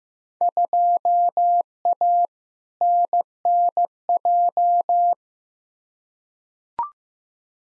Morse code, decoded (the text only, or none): 2A NNJ